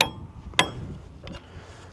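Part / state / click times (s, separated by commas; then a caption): torque wrench on mower blade bolt / torque reached / 0.0 s, 0.6 s. A click-type torque wrench is pulled a second time on the same blade bolt of a Walker MT23GHS mower to confirm the setting. Sharp metallic clicks ring out at 0.0 s and 0.6 s, followed by a faint softer tick around 1.3 s. The wrench clicks at its setting, confirming the bolt is torqued and good to go.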